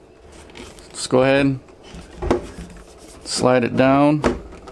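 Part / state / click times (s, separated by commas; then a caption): head unit display panel onto its mounting base / not seated / none. The rotatable display panel of an Android 10.2-inch car stereo head unit with built-in CarPlay is slid down onto its mounting base, where two spring-loaded sliding handles will lock it. Someone talks over faint handling sounds, with a sharp knock near 2.3 s. The panel has not seated or clicked onto the base yet.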